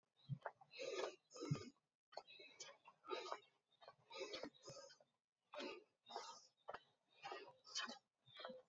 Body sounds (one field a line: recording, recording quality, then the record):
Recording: shallow breathing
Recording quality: excellent, no background noise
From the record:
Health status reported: healthy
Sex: male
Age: 36 years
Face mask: not worn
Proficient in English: yes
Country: United States